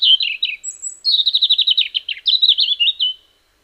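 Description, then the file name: European robin song with a short warble, a high thin note, then rapid stuttering trills that rattle along before a closing fluty flourish; otherwise silent. "Erithacus rubecula"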